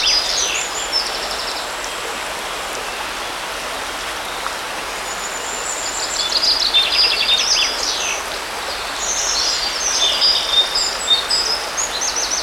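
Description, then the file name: Birds singing, several high chirps and trills overlapping in a busy chorus above a constant hiss of running water. Birds by a river. "Nature Sounds - River Birds"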